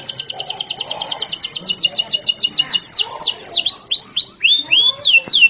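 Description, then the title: Canary song opening with a long, even trill of quick, high notes, followed by looping down-slurred and up-swept whistles. Used as a lure to get lazy, silent canaries singing constantly. "mster Mnuk. PANCINGAN KENARI"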